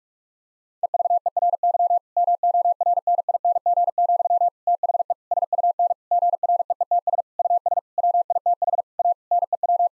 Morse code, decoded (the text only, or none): EVERY MORNING, THE SUN GREETS US WITH A NEW